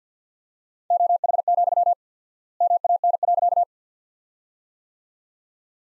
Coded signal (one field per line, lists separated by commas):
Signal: Morse code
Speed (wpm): 47 wpm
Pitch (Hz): 700 Hz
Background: none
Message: OH, MAN.